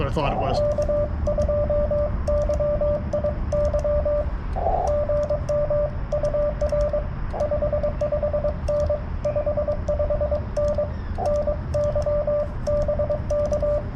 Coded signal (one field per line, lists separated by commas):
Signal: Morse code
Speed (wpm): 21 wpm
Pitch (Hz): 590 Hz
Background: speech, radio noise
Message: K2YIY GM UR 55N 55N NY BK